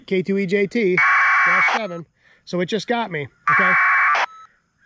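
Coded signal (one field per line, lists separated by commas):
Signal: packet radio (AX.25, as in APRS)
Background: speech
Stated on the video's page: APRS packets sent through the International Space Station digipeater.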